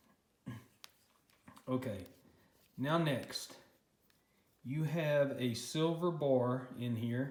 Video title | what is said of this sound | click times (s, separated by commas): Pro Qualifier 2 Reel Maintenance - Bass Pro Shops | twist it down and it'll lock into place | 0.8 s